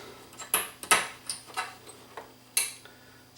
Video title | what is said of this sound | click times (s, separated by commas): Rotel RCC 940 CD No Play | snap into place and they're held in place by one screw | 0.5 s, 2.6 s